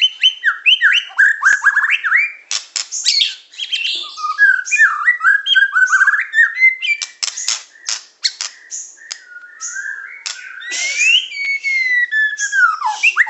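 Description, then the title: Oriental magpie-robin song mixing sharp clicks with warbled, slurred mid-pitched whistles, later long drawn whistles sliding upward and down. "Kicau Kacer"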